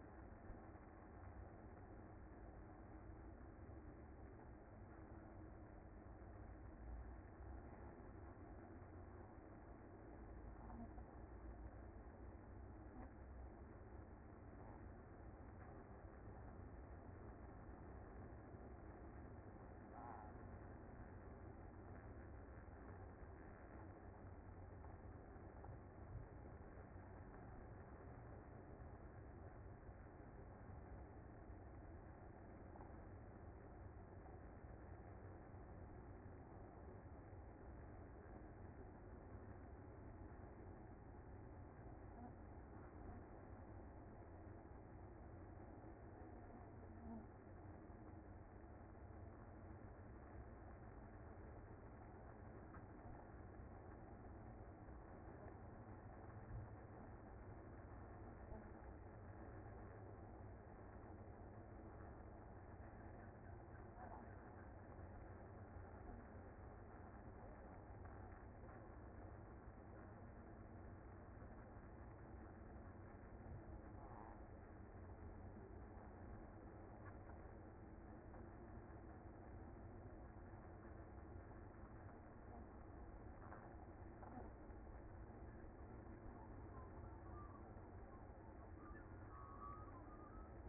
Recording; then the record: honeybee colony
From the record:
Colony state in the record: active